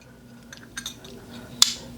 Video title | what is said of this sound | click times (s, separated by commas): New Pen Day! - Monteverde RITMA Orange | did you hear that snap | 1.6 s